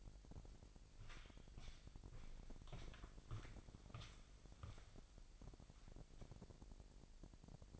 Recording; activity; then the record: daily activity, microphone in the room; walk to room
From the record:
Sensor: 5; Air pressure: 1002.1 hPa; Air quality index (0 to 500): 248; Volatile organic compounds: 7 ppm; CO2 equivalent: 2034 ppm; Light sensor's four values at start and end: 29/68/28/29 and 29/66/27/29